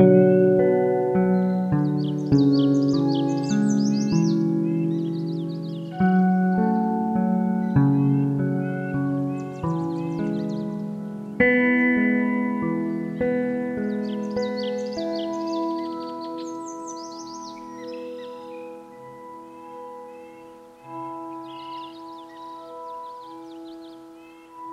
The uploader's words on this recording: Soundwalk Season 4: The Canadian Rockies. Banff National Park, Canada on The Banff Cave and Basin Marsh Trail.